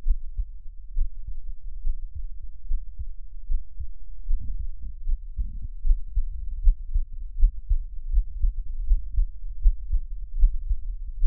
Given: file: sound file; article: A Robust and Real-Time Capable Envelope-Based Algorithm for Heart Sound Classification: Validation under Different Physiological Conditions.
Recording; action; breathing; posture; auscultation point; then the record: heart sounds by electronic stethoscope; rest; deep; sitting; Erb’s point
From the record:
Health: healthy, no known heart disease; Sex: male